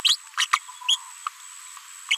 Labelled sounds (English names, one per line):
Green-rumped Parrotlet babbling